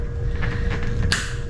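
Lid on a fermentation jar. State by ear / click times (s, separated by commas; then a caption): seated / 1.1 s. A fermentation jar lid is sealed tight over fermenting cruciferous vegetables. After some low creaking handling sounds, a single sharp click is heard at 1.1 s, and the lid is seated tight.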